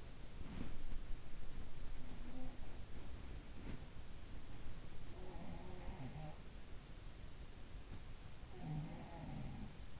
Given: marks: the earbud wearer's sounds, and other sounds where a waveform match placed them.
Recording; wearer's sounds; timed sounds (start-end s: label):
sounds in sleep by an in-ear microphone; body movement
0.00-4.06 s: body movement
1.40-4.06 s: sound from someone else or the room
4.71-6.47 s: sound from someone else or the room
7.83-9.98 s: sound from someone else or the room